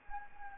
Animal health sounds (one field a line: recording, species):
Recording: mosquito wingbeat signal from an infrared sensor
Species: Anopheles gambiae